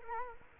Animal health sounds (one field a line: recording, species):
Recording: mosquito wingbeat signal from an infrared sensor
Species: Culex quinquefasciatus